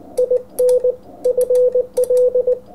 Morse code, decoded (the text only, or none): INFL